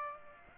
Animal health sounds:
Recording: mosquito wingbeat signal from an infrared sensor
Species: Aedes aegypti

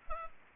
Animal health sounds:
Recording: mosquito wingbeat signal from an infrared sensor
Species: Culex pipiens

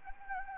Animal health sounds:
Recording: mosquito wingbeat signal from an infrared sensor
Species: Anopheles gambiae

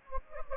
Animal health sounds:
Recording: mosquito wingbeat signal from an infrared sensor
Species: Anopheles gambiae

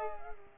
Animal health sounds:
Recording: mosquito wingbeat signal from an infrared sensor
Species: Culex pipiens

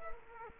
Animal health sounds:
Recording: mosquito wingbeat signal from an infrared sensor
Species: Culex quinquefasciatus

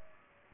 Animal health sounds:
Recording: mosquito wingbeat signal from an infrared sensor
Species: Culex pipiens

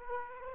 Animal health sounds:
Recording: mosquito wingbeat signal from an infrared sensor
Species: Aedes aegypti

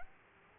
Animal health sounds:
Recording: mosquito wingbeat signal from an infrared sensor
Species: Aedes aegypti

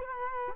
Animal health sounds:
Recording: mosquito wingbeat signal from an infrared sensor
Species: Culex quinquefasciatus

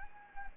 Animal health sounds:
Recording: mosquito wingbeat signal from an infrared sensor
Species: Anopheles gambiae

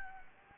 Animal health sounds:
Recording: mosquito wingbeat signal from an infrared sensor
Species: Anopheles gambiae

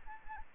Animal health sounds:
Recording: mosquito wingbeat signal from an infrared sensor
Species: Anopheles arabiensis

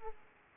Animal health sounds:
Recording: mosquito wingbeat signal from an infrared sensor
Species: Aedes aegypti

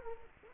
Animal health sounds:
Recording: mosquito wingbeat signal from an infrared sensor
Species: Culex quinquefasciatus

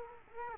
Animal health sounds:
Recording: mosquito wingbeat signal from an infrared sensor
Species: Culex quinquefasciatus

